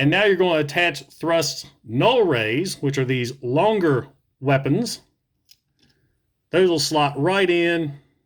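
Someone talks while two long plastic null ray weapons are handled for slotting into the mounts on a 1985 G1 Thrust transforming robot toy. A faint, brief tick sounds at about 5.5 seconds during a pause in the talking. Nothing has seated or clicked into place yet.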